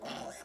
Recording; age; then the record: pig call; piglet (1 to 25 days)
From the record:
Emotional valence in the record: negative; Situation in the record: restrain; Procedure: sham castration, cut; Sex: male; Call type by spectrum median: low-frequency call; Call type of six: high-frequency modulated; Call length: 0.45 s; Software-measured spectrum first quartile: 583 Hz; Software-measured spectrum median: 1252 Hz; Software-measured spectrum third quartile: 3798 Hz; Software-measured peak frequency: 680 Hz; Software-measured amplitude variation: 104 dB a second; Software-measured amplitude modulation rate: 23.2 a second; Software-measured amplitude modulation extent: 4.5 dB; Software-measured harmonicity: 0.7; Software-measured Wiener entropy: -1.89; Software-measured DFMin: 734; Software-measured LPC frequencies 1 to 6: 683, 1532, 2877, 3339, 4276, 5376 Hz